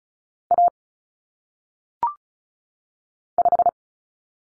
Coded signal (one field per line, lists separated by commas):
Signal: Morse code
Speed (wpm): 36 wpm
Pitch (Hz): 700 Hz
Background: none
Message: A 5